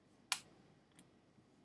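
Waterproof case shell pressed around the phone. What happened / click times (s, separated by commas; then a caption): The plastic case edge snapped home / 0.3 s. A waterproof case shell for an iPhone 4S is pressed around the phone, its edge squashed in until it clicks home with a sharp, bright snap at 0.3 s, followed by a much fainter tick near 1.0 s. The case edge is seated all the way around.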